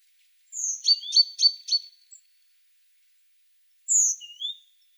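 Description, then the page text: Great tit song: a bright two-note phrase repeated four times in quick succession, then, after a pause, a short separate call. "Большая синица - Синица"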